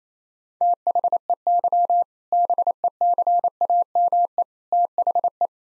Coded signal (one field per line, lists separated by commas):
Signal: Morse code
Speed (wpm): 28 wpm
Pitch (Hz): 700 Hz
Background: none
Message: THEY BECAME THE